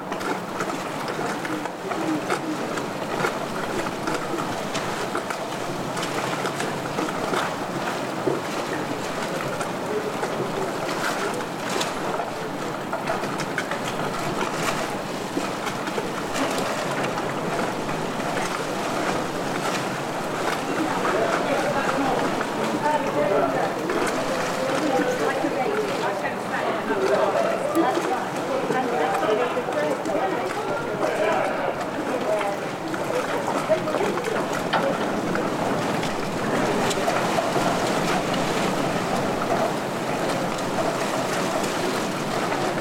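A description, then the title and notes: A harbour scene with steady murmuring chatter from many voices and the soft wash of water lapping throughout. The level stays even across the whole stretch, a dense mid-range hum of talk and water, with occasional brief clinks and thuds but no clear gull calls. Stormy Harbour Ambiance | City of Bristol. This field recording soundscape captures the vibrant ambiance of a stormy harbor.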